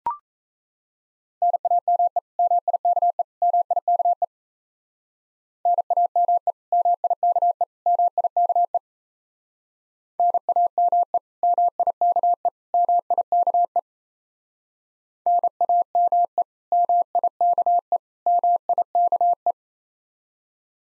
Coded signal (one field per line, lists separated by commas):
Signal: Morse code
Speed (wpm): 35 wpm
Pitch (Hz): 700 Hz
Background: none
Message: NAME MIKE MIKE NAME MIKE MIKE NAME MIKE MIKE NAME MIKE MIKE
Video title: Common QSO Phrases Speed-Racing - 28wpm